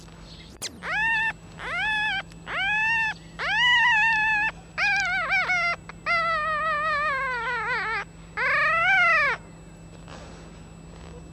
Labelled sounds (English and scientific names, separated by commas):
Red Fox (Vulpes vulpes)